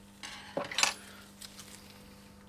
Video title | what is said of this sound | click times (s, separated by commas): Classic Mini - 1380 Builder | and it will click in place there you go and the plunger you can see is jumped out there in between the teeth | 0.8 s